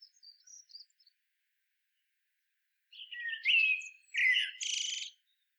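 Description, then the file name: Common blackbird: faint high squeaks, a pause, then a loud warbled phrase ending in a buzzy twitter. "Turdus merula"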